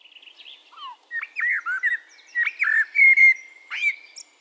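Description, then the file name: Eurasian blackbird giving varied whistled and chirpy notes, a few sweeping phrases from about one to four seconds in. "Turdus merula"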